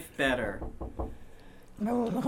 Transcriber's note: a knock can be heard